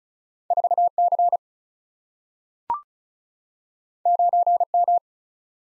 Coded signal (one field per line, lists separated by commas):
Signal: Morse code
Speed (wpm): 36 wpm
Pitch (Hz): 700 Hz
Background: none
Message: 4C 9M